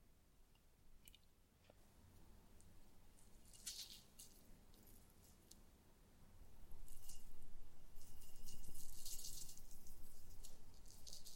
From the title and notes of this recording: ASMR SLIME SATISFYING - NO TALKING.